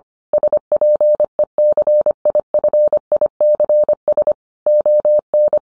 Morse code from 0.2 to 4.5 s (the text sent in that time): SPECIFICS